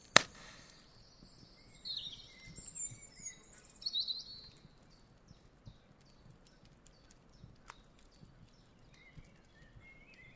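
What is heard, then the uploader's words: A campfire by a lake crackles with scattered sharp pops, the loudest right at the start, over a soft low murmur. High bird chirps and trills drift through during the first few seconds, then fade to occasional faint calls while sparse crackles continue. The relaxing sounds of a campfire on the shores of a lake.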